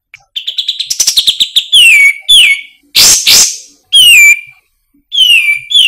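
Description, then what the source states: Grey-cheeked bulbul song opens with a quick stuttering trill, followed by clear down-slurred whistles and a pair of harsh scratchy bursts. Masteran: training recording used to teach songbirds.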